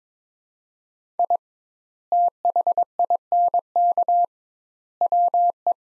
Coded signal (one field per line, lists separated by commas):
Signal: Morse code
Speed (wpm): 22 wpm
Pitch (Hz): 700 Hz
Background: none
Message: I THINK WE